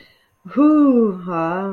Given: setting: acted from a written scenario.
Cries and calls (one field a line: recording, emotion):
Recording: vocal sound without words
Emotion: ecstasy